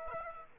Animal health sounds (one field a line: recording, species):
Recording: mosquito wingbeat signal from an infrared sensor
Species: Aedes aegypti